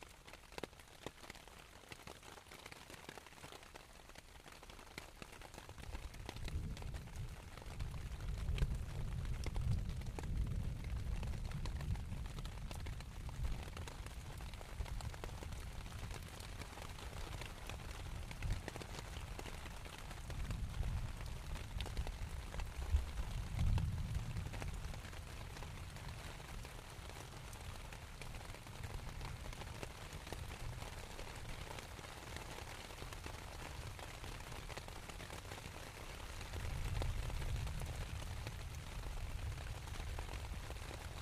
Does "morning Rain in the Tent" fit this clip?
yes